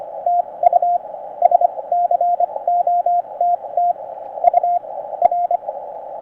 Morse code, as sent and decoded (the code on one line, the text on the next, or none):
- ..- / ... -.-. --- - - / ..- / .-.
TU SCOTT U R